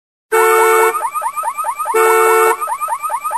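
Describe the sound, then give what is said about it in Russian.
A loud car alarm, one of many set off by an explosion's blast wave, cycles through its pattern: a steady, harsh blaring tone, then a run of rapid rising chirps, and the sequence repeats. No one speaks. “Взрывная волна потревожила множество автомобилей, которые начали сигналить, не говоря уже о сломанных окнах и дверях машин.”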